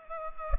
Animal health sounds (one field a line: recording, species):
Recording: mosquito wingbeat signal from an infrared sensor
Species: Culex pipiens